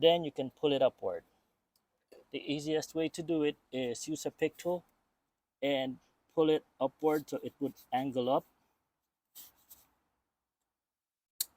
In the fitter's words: And you hear the click, that means it released from the notch, and pull the ignition wire out.